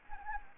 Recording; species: mosquito wingbeat signal from an infrared sensor; Anopheles gambiae